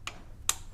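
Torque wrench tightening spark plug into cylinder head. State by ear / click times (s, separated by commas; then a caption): torque reached / 0.5 s. A torque wrench set to about 12 Nm tightens a spark plug into the aluminium cylinder head of a Ford C-Max, Fusion or Lincoln MKZ engine. A softer tick comes at 0.1 s, then the wrench gives a single sharp click at 0.5 s, confirming it has reached its torque setting.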